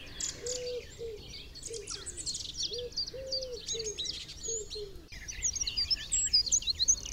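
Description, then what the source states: Common Wood Pigeon cooing, low soft hooting notes in a rhythmic phrase of short and longer coos, while many small birds chirp and warble at a higher pitch. Five-note coo; one bird on the left and another on the right; wild birds in a forest at 5 in the morning, at dawn.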